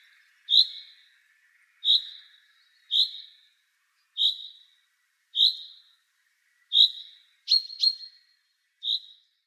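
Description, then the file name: Common chaffinch giving clipped, high call notes about once a second, one note doubled, against a quiet background. "Pinson des arbres Cri dappel"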